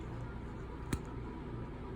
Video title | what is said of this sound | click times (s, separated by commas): Drawing up medication in a slip tip syringe | you hear that click if you didn't hear that click it's not closed | 0.9 s